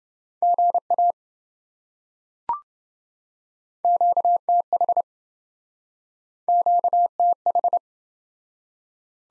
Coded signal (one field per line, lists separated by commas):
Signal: Morse code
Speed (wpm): 27 wpm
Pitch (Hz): 700 Hz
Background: none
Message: GA QTH QTH